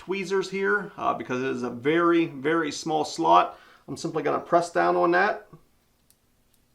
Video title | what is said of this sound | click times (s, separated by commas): Outdoor Camera Pan Tilt 4G Reolink 1 YEAR Update: New Cellular Carrier EIOTCLUB How to SETUP New Cam | and you can hear that click. | 6.1 s